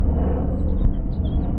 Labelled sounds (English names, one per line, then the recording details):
House Finch song
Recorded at Neponsit on Long Island, New York, on 4 June 1975
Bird A